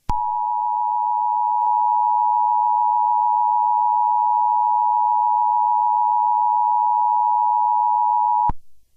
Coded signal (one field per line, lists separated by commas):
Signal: Emergency Alert System (SAME) tones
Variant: 853 and 960 Hz attention tone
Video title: EAS Mock - North Carolina Severe Thunderstorm